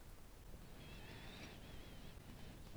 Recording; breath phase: one breath near a microphone; inhalation